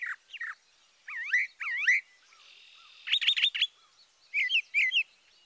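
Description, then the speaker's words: Brown Thrasher song: emphatic phrases, several given in pairs: a slurred whistle given twice, then a faint buzzy note, a burst of sharp notes and another doubled phrase, with quiet gaps between. Emphatically delivered song with paired phrases, each phrase typically given once or twice; a mimic; rendered as 'drop it, cover it up, cover it up, pull it up'. "Listen again to the emphatically delivered song of the brown thrasher."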